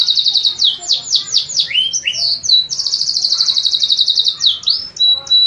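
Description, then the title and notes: Canary song: rapid trills of down-sweeping notes and rolling buzzy phrases high in pitch, switching between fast repeated syllables and brief whistled glides. Canary master song recording used as a training tutor for other canaries. "Suara Burung Kenari Masteran. master suara burung kenari mantap"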